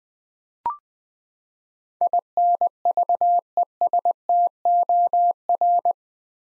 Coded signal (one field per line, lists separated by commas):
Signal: Morse code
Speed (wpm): 20 wpm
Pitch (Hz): 700 Hz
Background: none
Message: INVESTOR